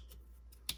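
The aftermarket Hansshow audio upgrade (DIY) cable's harness connector is pushed into the factory wiring harness connector of a Tesla Model 3. After faint rustling handling noises, a sharp click sounds at 0.7 s as the connector seats fully and is secure.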